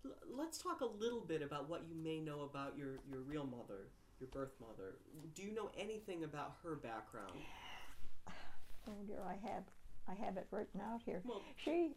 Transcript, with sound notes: Let's talk a little bit about what you may know about your, your real mother, your birth mother. Do you know anything about her background?
[Deep breath] Oh dear, I have, I have it right now, here. She...